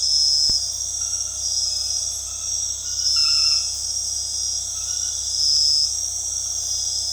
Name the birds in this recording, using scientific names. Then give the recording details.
none. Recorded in dense forest near Puerto Asís, Putumayo, Colombia, on 20 February 2024 at 22:30. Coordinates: 0.485, -76.322. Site G6406